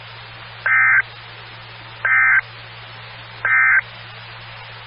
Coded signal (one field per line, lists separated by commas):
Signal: Emergency Alert System (SAME) tones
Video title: 2013-05-19 - WX9MCS 147.255 MHz SKYWARN Repeater